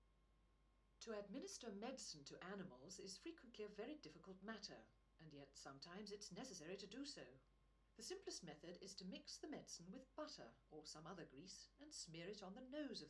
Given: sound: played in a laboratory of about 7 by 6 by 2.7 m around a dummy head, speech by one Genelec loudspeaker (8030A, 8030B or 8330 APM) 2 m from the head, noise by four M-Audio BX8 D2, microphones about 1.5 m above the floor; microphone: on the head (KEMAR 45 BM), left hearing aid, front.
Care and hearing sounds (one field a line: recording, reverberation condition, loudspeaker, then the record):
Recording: female speech in English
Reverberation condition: low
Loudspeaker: 120 degrees to the left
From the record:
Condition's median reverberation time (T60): about 310 ms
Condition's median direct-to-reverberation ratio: about 3.5 dB